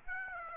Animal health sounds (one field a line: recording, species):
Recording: mosquito wingbeat signal from an infrared sensor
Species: Aedes aegypti